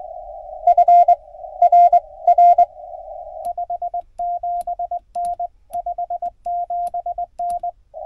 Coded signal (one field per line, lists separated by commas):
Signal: Morse code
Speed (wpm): 20 wpm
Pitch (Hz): 690 Hz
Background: radio noise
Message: FR R 57N 57N